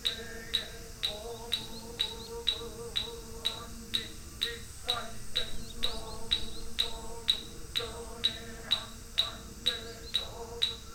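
A Kyoto field recording where a sharp, bright chirp repeats steadily about twice a second over a low, continuous hum and faint murmur.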